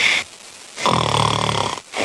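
One harsh, rumbling snore from an adult sleeper lasting about a second, with quieter breath sounds on either side.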